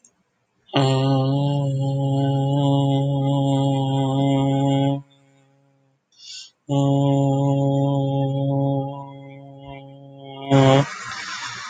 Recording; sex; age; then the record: vowel held as long as possible; male; 30 to 39 years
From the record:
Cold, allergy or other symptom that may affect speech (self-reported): no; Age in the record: 36 years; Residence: Nevada, United States